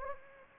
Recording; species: mosquito wingbeat signal from an infrared sensor; Anopheles gambiae